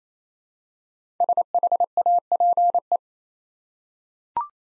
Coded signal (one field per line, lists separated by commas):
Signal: Morse code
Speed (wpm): 27 wpm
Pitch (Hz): 700 Hz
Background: none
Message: SHAPE